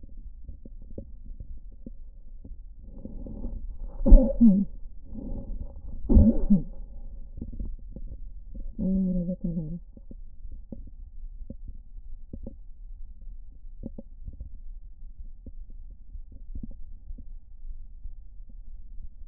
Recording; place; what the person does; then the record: lung sounds by stethoscope; right anterior apical chest; quiet breathing, then cough and speech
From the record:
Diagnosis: interstitial lung disease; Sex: female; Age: 65 years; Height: 156 cm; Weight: 66.8 kg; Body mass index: 27.4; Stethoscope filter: diaphragm mode